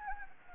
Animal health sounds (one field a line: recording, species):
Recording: mosquito wingbeat signal from an infrared sensor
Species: Anopheles gambiae